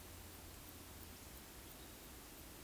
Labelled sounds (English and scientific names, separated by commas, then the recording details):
Eurasian Woodcock (Scolopax rusticola) whistle
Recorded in Baden-Württemberg, Germany, on 13 June 2021 at 20:01 UTC
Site 23718, 552 m above sea level